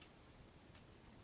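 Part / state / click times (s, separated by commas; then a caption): chest panel of a transforming action figure going into the torso / not seated / none. The plastic chest panel of a Transformers Generations Drift action figure is pushed up into the torso to lock it, with only faint, low handling noise and a brief soft tick at the very start. Nothing has clicked into place; the panel has become very loose after only a couple of transformations.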